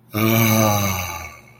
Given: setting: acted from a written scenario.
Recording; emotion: vocal sound without words; relief